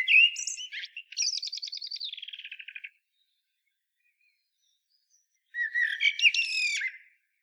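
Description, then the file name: Common blackbird song, two phrases: a fluty opening running into a fast dry trill that fades, then after a long pause a whistled phrase with squeaky high notes. "Turdus merula"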